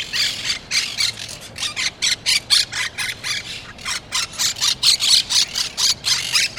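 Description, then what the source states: Monk parakeet squawks, harsh calls repeated rapidly about four per second in an even, insistent series. Recorded March 12.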